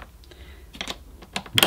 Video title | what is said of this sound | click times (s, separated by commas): Numatic George New Model Multifunction Vacuum Cleaner Unboxing & First Look | pop it back in again | 1.6 s